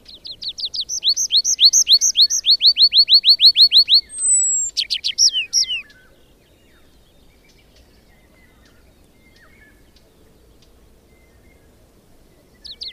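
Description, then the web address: Tree pipit song: a rapid string of high repeated slurred notes with a varied ending, then several seconds of quiet before the song resumes. "agykontroll Madardalok Cd 2. Erdei pityer"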